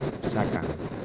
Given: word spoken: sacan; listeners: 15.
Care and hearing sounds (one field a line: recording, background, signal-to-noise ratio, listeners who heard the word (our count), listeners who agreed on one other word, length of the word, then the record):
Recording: one Spanish word in noise, from a listening test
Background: noise modulated by three-talker babble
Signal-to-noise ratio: -3.3 dB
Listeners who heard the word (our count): 3 of 15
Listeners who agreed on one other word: 12 of 15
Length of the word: 0.65 s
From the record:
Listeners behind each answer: 12, 3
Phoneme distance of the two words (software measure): 7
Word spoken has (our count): 2 syllables, 5 phonemes, stress on syllable 1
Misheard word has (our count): 2 syllables, 4 phonemes, stress on syllable 1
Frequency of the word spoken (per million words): 7.34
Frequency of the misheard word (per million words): 27.26